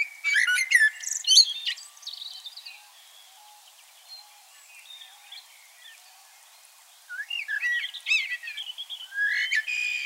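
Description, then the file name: Common blackbird song: short fluted phrases that break into high squeaky twittering, one burst at the start and another after a quiet gap of several seconds. "Turdus merula"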